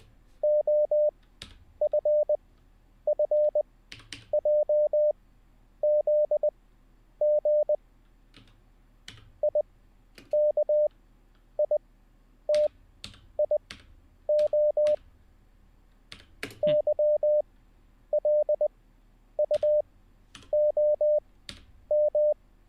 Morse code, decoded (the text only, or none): OFFJZG IKITIO YLUOM